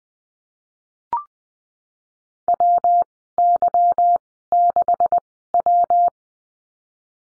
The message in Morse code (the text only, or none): WY6W